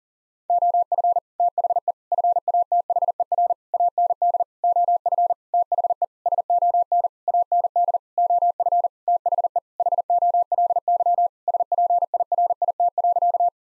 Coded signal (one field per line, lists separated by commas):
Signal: Morse code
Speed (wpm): 40 wpm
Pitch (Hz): 700 Hz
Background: none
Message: OF THE FATHER AND OF THE SON AND OF THE HOLY SPIRIT.